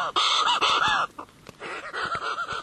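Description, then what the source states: Newell's shearwater calls: harsh, braying, wavering cries. Endangered seabird heard at night after sunset on Kauai while flying out to sea; unearthly, very strange noises.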